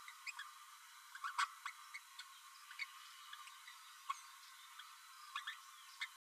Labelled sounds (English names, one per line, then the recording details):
Green-rumped Parrotlet babbling
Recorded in a nest box in Venezuela
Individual 18B12A3